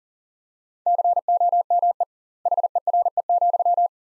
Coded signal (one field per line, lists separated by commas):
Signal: Morse code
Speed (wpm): 40 wpm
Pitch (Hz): 700 Hz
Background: none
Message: COME HERE,